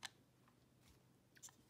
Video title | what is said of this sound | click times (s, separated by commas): Masterclip Pedigree Pro Dog Clipper User Guide - Comb Attachments - Change Clipper Blades - Oiling | run the Clipper and then push the blade back until you hear the firm snap | 0.1 s